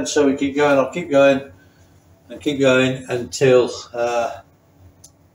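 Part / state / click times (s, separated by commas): torque wrench on cylinder head bolt / torque reached / 5.0 s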